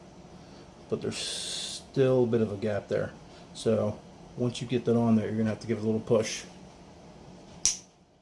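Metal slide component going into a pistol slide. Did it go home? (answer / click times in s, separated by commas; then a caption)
yes / 7.6 s. A metal slide component is pushed up into a Glock 19 Gen5 pistol slide during reassembly until it stops with a small gap left, then given a final push. Someone talks through most of the clip, and a sharp metallic snap at 7.6 s marks the part seating and engaging.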